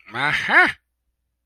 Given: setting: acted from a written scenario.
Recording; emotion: vocal sound without words; realization